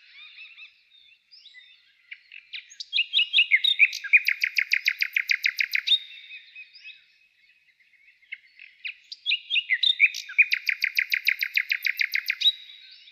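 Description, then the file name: Common nightingale song: two loud bursts of rapid, evenly repeated notes forming rattling trills, each preceded by softer varied chirps and whistles, separated by a short pause. "Zvuki-prirodysolovey-solov inaya-trel"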